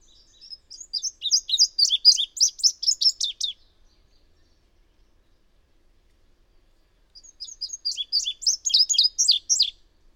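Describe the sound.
Bird song: two bright, high twittering phrases of quick chirps and trills, each about three seconds long, with a silent gap of several seconds between them.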